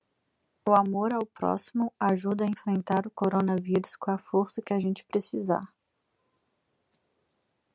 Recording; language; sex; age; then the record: spoken sentence; Brazilian Portuguese; female; 20 to 29 years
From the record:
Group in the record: control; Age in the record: 26 years